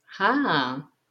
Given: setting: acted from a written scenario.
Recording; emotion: vocal sound without words; elation